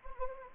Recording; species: mosquito wingbeat signal from an infrared sensor; Anopheles gambiae